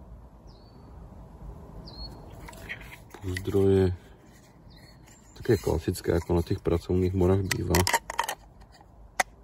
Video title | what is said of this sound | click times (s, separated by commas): #23 nôž Morakniv Mora Basic 511 Carbon PRVÉ DOJMY | Už tam pekne cvakne, | 9.2 s